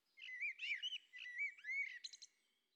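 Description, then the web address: Common blackbird singing a short phrase of fluted, warbling whistles that rise and fall, ending in a few higher squeaky twittering notes. "Fontainebleau Demo. blackbird"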